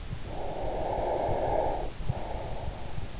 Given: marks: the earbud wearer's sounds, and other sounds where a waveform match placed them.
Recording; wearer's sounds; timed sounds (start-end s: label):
sounds in sleep by an in-ear microphone; breath
0.29-3.17 s: breath